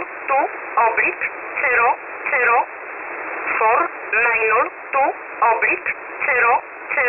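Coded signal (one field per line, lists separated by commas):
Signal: numbers station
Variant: E11 Oblique, English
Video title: 28 08 2021 Number station E11 Oblique in English to Eu 0730 on 7377 unknown tx site in USB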